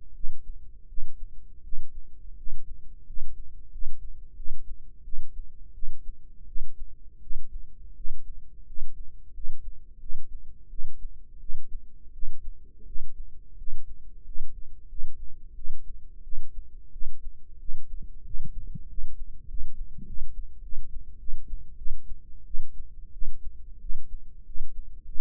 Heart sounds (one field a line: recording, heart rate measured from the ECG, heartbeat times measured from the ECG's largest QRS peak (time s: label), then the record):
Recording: heart sounds by microphone in the right ear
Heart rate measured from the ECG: 89 bpm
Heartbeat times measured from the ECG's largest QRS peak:
0.13 s: heartbeat
0.87 s: heartbeat
1.62 s: heartbeat
2.35 s: heartbeat
3.05 s: heartbeat
3.70 s: heartbeat
4.35 s: heartbeat
5.02 s: heartbeat
5.72 s: heartbeat
6.45 s: heartbeat
7.19 s: heartbeat
7.94 s: heartbeat
8.65 s: heartbeat
9.32 s: heartbeat
9.98 s: heartbeat
10.68 s: heartbeat
11.38 s: heartbeat
12.11 s: heartbeat
12.84 s: heartbeat
13.56 s: heartbeat
14.23 s: heartbeat
14.87 s: heartbeat
15.53 s: heartbeat
16.22 s: heartbeat
16.90 s: heartbeat
17.57 s: heartbeat
18.23 s: heartbeat
18.87 s: heartbeat
19.46 s: heartbeat
20.04 s: heartbeat
20.61 s: heartbeat
21.17 s: heartbeat
21.75 s: heartbeat
22.44 s: heartbeat
23.11 s: heartbeat
23.79 s: heartbeat
24.44 s: heartbeat
25.03 s: heartbeat
From the record:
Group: healthy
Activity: rest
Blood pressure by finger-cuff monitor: 108/74 mmHg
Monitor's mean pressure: 86 mmHg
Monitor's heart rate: 88 bpm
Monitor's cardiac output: 7.3 L/min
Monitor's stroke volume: 82 mL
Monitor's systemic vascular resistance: 860 dyn s/cm5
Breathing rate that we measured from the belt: 11 breaths a minute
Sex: female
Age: 19 years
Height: 163 cm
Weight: 51 kg